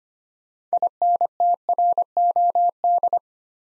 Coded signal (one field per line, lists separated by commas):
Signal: Morse code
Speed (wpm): 25 wpm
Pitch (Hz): 700 Hz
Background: none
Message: INTROD